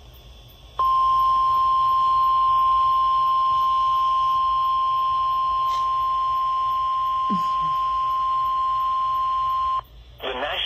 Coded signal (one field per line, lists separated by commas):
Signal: Emergency Alert System (SAME) tones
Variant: 1050 Hz attention tone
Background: speech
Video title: FFW On 107.9 FM EAS #562 (1/9/24)